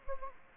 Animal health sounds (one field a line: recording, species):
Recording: mosquito wingbeat signal from an infrared sensor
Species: Anopheles gambiae